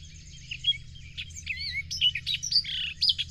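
Bird song of high, varied notes that begins thin and grows busier, with whistled slurs and buzzy chirps near the end, over a low steady hum.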